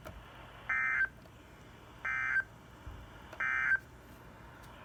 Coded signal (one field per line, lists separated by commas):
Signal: Emergency Alert System (SAME) tones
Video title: Part 3 of the flooding Madness EAS#264-282 8/14/20